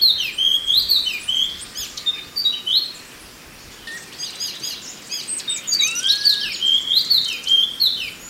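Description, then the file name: Chinese hwamei song: rapid, varied rising and falling whistles in dense phrases, a brief pause, then a rich warbled run, over steady hiss. "suara alam hwamei"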